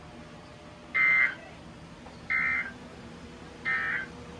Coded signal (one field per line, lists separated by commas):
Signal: Emergency Alert System (SAME) tones